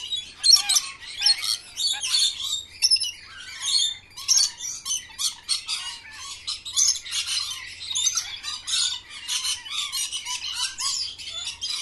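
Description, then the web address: Parrots give a busy stream of harsh, shrill squawks and chirps, overlapping without pause, some notes sharper and louder near the start. Parrots kept in cages at a zoo. "sound from a zoo where parrots are kept in cages"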